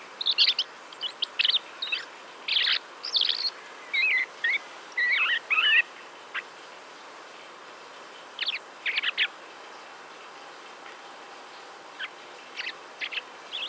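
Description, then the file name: Common blackbird calls in clustered bursts of sharp high chirps and short slurred notes, loud early on, then sparser groups after a pause. "Turdus merula"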